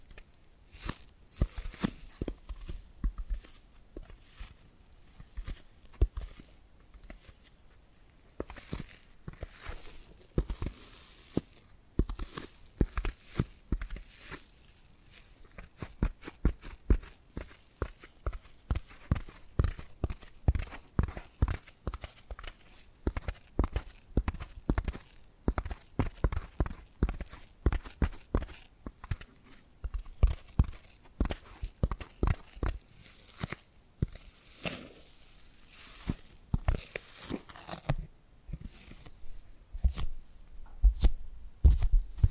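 Tapping and scratching sounds with dense, irregular sharp taps that come in quick flurries and brief pauses throughout. Each tap is crisp and bright, some with a low thud, and soft scratchy rustling fills the gaps between bursts.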